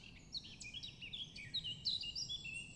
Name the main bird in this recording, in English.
Eurasian Blackcap